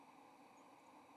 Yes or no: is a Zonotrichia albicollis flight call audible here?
no